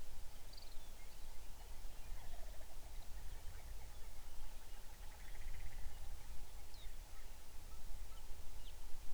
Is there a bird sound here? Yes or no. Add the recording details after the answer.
yes. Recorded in the Arctic National Wildlife Refuge, Alaska, on 23 May 2019 at 05:15. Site 49